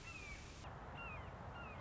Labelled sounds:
Red-shouldered Hawk
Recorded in Sonoma County, California

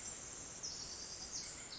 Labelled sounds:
Pacific Wren
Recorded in Sonoma County, California

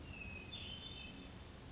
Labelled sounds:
Hermit Thrush
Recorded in Sonoma County, California

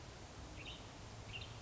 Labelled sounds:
Western Tanager
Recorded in Sonoma County, California

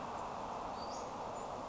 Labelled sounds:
Western Flycatcher
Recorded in Sonoma County, California

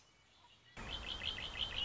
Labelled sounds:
Red-winged Blackbird
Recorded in Sonoma County, California

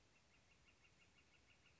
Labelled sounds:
Northern Flicker
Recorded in Sonoma County, California

